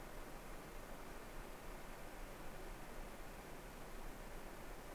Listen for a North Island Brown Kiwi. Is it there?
no